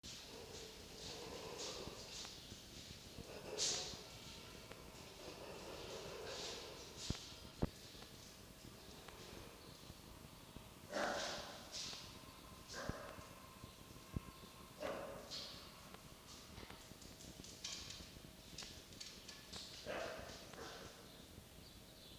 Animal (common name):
Red Fox